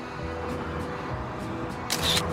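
A camera shutter fires once in a sharp, bright mechanical burst near the end as Svetlakov photographs four people with a war veteran, preceded by a few faint ticks, all over a steady low background rumble.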